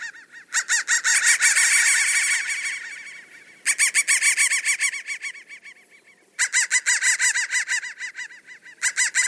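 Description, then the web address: Crow calls in three rapid bursts of harsh, buzzy caws separated by short pauses, the first burst fading before the next begins. "soundfactory crow 1"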